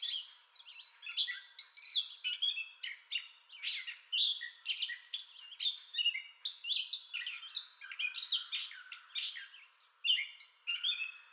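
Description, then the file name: Gray catbird delivering a long rambling song of varied chips, whistles and raspy notes, phrases following each other quickly and unevenly. Entire song bout, recorded 30 May 2021. "2021-05-30 Gray Catbird Entire Song Bout"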